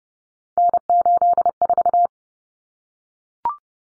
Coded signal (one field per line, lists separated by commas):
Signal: Morse code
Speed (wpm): 30 wpm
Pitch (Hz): 700 Hz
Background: none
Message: N84